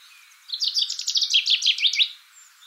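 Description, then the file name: Common chaffinch delivering a brisk series of chipping notes, a single phrase lasting about one and a half seconds. "Fringilla coelebs"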